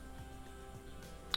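A watch strap is slid into the lug slot of a plastic Spigen Ultra Hybrid case on an Apple Watch SE over a quiet, steady background hum. A single sharp click at 1.3 s signals that the strap has latched and is fully inserted into the case.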